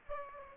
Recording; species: mosquito wingbeat signal from an infrared sensor; Aedes aegypti